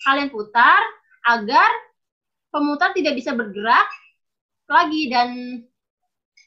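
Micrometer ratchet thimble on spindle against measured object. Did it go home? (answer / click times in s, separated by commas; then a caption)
yes / 6.4 s. Someone talks while turning the ratchet thimble of a micrometer screw gauge until the spindle closes on the object being measured and can no longer move. A short tick is heard at 6.4 s as the ratchet clicks once the jaws are locked on the object.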